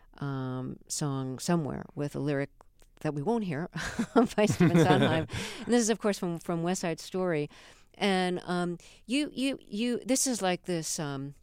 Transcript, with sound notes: song "Somewhere," with the lyric that we won't hear by Stephen Sondheim.
(LAUGHTER)
And this is, of course, from "West Side Story." And you - this is like this